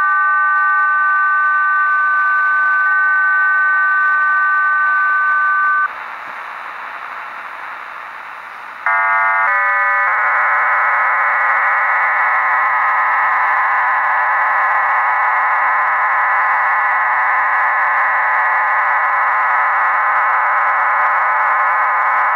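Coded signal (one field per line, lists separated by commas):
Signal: numbers station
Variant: HM01 RDFT data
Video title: Shortwave Radio - HM01 Numbers Station - 11530kHz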